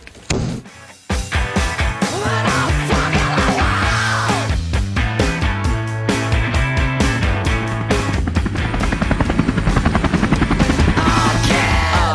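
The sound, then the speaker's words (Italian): Helicopter rotors thrum beneath loud, surging orchestral music, with sharp rapid bursts of machine-gun fire crackling through the dense, steady roar. “Vai, vai con gli elicotteri, le mitragliate, le mitragliate, naturalmente, bellissimo, bellissimo.”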